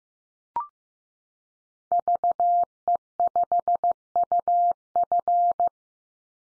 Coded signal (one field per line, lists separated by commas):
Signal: Morse code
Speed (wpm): 15 wpm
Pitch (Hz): 700 Hz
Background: none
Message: VE5UF